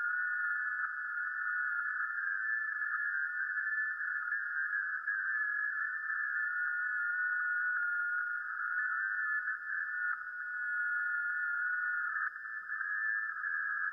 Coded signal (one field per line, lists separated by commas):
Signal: FT8